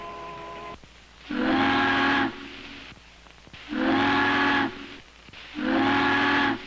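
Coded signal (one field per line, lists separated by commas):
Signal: ship horn signal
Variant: ship whistle to bridge tender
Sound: three long, hissy, low steam-whistle blasts separated by short pauses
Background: old film soundtrack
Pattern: 3 long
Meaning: The ship is telling the bridge tender it is turning for the bridge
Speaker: listens for her to signal for the bridge. 3 long whistles. The bridge tender knows that the ship is turning for the bridge.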